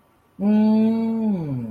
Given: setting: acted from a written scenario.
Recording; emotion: vocal sound without words; interest